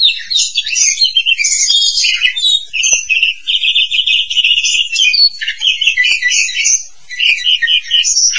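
Starling song: dense, continuous chattering with mixed whistles and scratchy notes, only short breaks.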